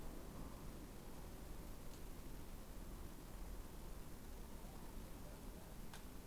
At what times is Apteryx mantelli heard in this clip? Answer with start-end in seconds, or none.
none